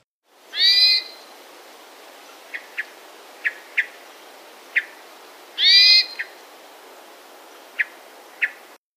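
Hermit Thrush song: two fluting phrases about five seconds apart, each a layered stack of tones, with soft short high notes scattered between.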